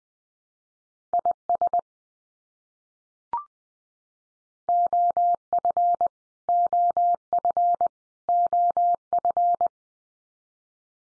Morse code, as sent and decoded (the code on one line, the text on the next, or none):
.. ... / --- ..-. / --- ..-. / --- ..-.
IS OF OF OF